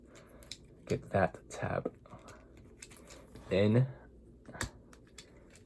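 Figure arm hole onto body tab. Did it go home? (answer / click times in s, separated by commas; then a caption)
yes / 4.6 s. Someone talks while tapping the plastic arm on the second side of a WFC Earthrise Deluxe class Wheeljack transforming robot figure, pushing a body tab into the hole under the arm. Light plastic ticks come before a sharp snap at 4.6 s as the tab seats into place, and the part sits flush.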